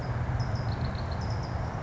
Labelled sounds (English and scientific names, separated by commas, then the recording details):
California Towhee (Melozone crissalis)
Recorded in Sonoma County, California